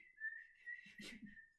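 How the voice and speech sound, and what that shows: An adult woman with Gilles de la Tourette syndrome makes a sudden, steady high whistle with a brief voiced burst: a whistling sound tic, one that can break out at any moment.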